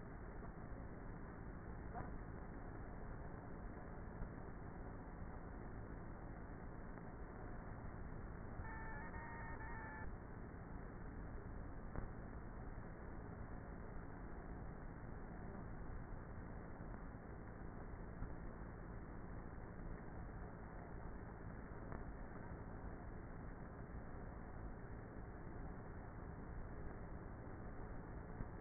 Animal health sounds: honeybee colony, microphone inside the hive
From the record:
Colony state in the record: queenless with a low population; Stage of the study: before two queens were removed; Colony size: about 30,000 bees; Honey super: no

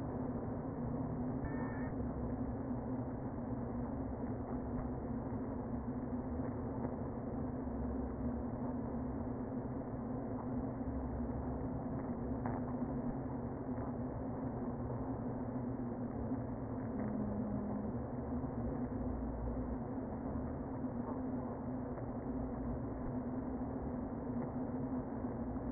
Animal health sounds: honeybee colony, microphone inside the hive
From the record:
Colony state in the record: queen present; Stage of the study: before two queens were removed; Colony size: about 60,000 bees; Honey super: yes

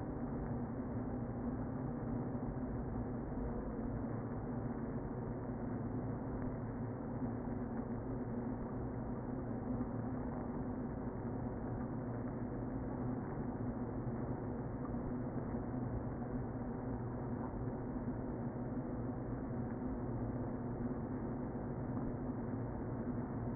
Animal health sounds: honeybee colony, microphone inside the hive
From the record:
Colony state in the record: queen present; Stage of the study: before two queens were removed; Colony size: about 60,000 bees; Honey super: yes

